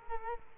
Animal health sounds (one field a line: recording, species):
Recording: mosquito wingbeat signal from an infrared sensor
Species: Culex quinquefasciatus